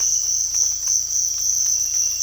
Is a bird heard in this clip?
no